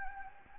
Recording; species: mosquito wingbeat signal from an infrared sensor; Anopheles gambiae